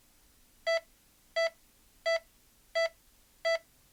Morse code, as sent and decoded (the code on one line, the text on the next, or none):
none